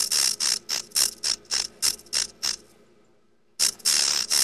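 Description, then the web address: Rattlesnake rattle, a dry, hissing high buzz in rapid short bursts, a brief silence, then buzzing again. "rattlesnake rattling animal reptile"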